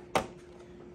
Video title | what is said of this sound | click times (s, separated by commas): Lowrider ST Baja Designs LP6 Install | and then you just push them into the click | 0.2 s